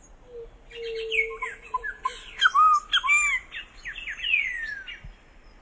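Solitary cacique delivering a busy mix of squawky, nasal and whistled notes, with looping slurs and a long falling whistle, after a long low tone at the start.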